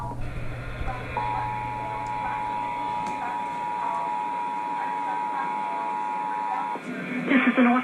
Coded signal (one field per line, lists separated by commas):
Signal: Emergency Alert System (SAME) tones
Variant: 853 and 960 Hz attention tone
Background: speech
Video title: [FOUND] Warsaw, NC AMBER Alert on FM Radio | EAS #234 (1/31/2024)